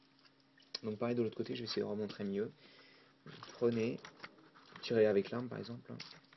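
A plastic weapon piece, part of the cockpit, is handled for fitting onto the back of a plastic transforming robot toy on its other side while someone talks throughout. Two faint, brief sounds come near 0.2 s and 0.6 s before the talking starts. Nothing has seated or clicked into place yet.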